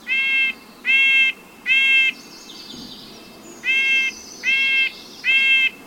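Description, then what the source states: Nuthatch giving nasal, toy-like beeps, three in a row, a short gap, then three more, each note rich in harmonics, with a faint higher twittering between. Beeping sounds made while the nuthatch scampers toy-like on the underside of branches.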